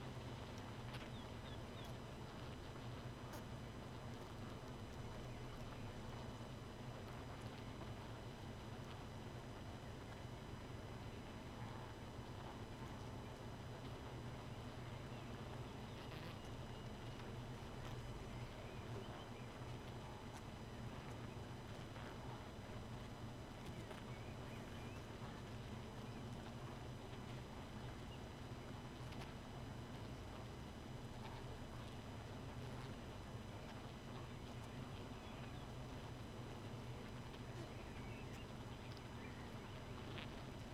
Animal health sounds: honeybee colony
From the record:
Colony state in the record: missing queen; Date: 31 May 2018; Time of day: 2:46

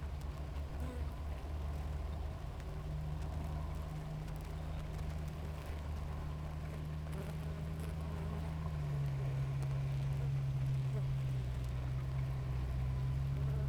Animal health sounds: honeybee colony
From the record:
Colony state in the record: active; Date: 28 July 2017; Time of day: 7:09

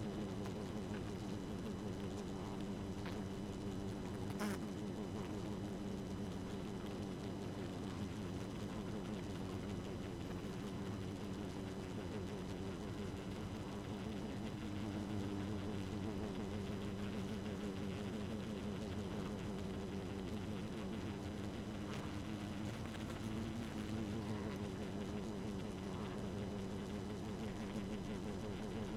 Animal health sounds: honeybee colony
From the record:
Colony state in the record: active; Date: 12 June 2018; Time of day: 1:42

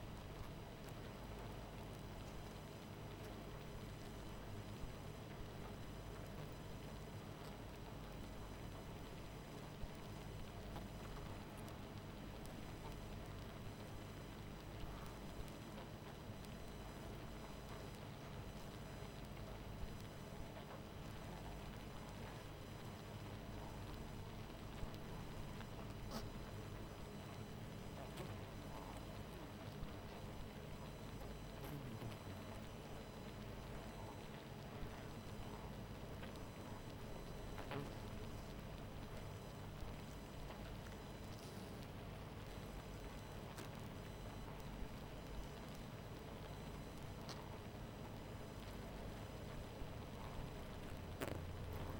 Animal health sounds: honeybee colony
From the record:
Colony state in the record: missing queen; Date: 14 July 2017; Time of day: 22:53

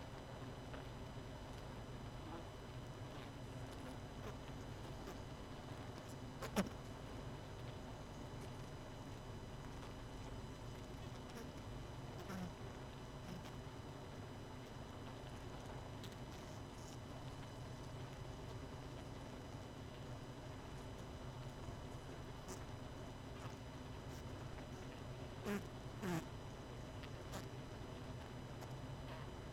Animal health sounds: honeybee colony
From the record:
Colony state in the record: missing queen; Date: 31 May 2018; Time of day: 19:16

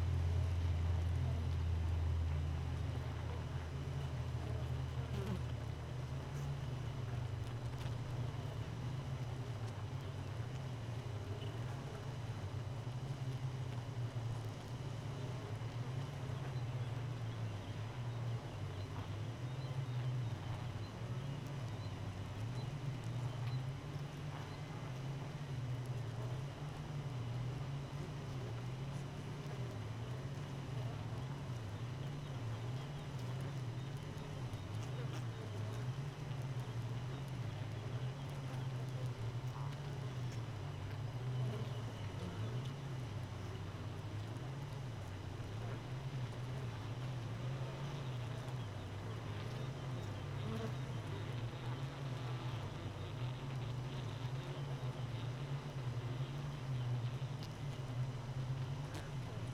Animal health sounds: honeybee colony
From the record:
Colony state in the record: missing queen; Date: 31 May 2018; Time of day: 4:36

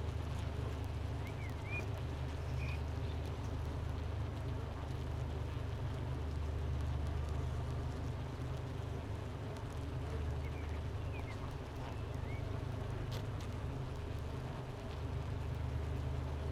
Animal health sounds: honeybee colony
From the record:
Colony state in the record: missing queen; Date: 31 May 2018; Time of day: 10:13

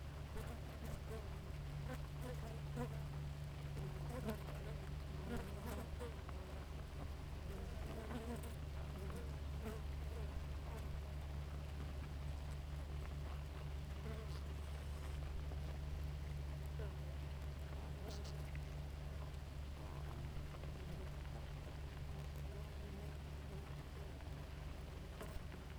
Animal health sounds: honeybee colony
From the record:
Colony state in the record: active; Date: 28 July 2017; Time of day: 4:51

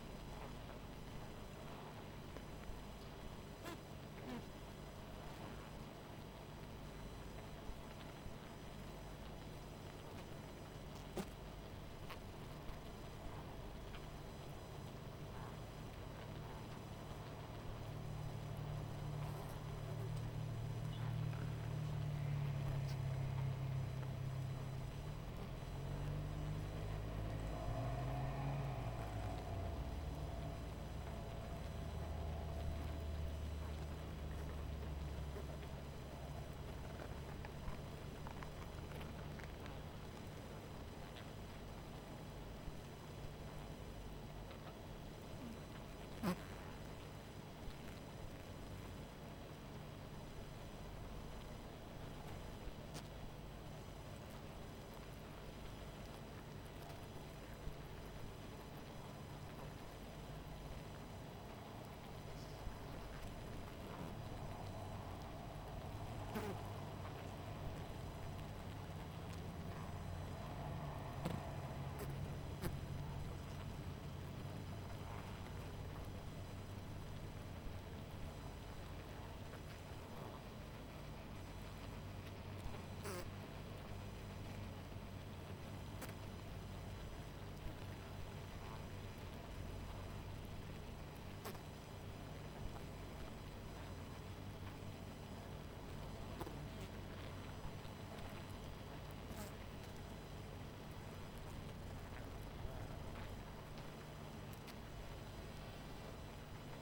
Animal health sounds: honeybee colony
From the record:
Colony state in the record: missing queen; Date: 14 July 2017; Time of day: 20:53

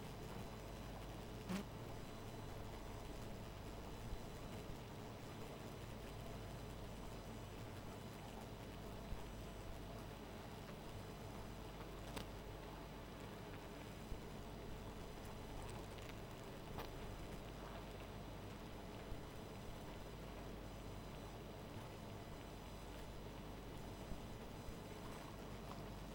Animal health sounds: honeybee colony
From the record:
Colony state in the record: missing queen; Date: 14 July 2017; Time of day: 0:14

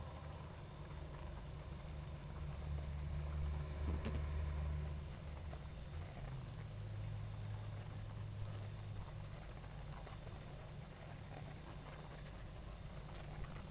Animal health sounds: honeybee colony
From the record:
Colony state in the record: active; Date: 28 July 2017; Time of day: 20:10

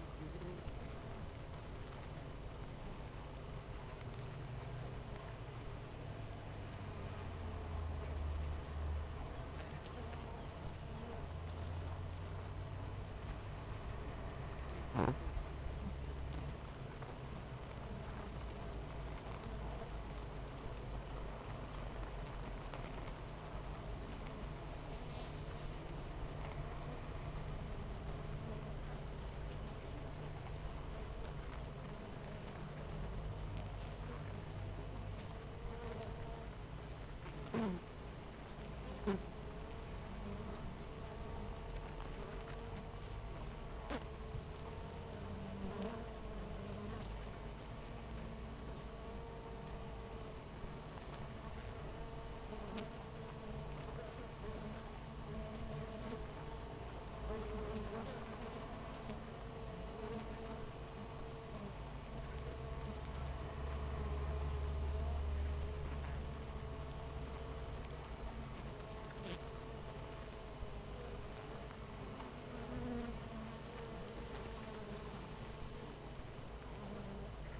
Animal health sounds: honeybee colony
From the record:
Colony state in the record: missing queen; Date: 14 July 2017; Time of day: 8:36

